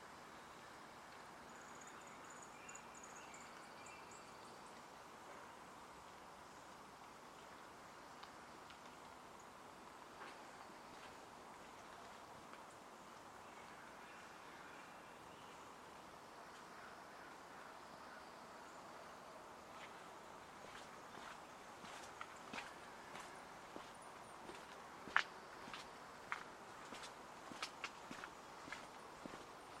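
Outdoor ambience at Hoyt Arboretum in Portland, Oregon: a steady low hum, with faint chirps early and a cluster of sharp clicks after twenty seconds.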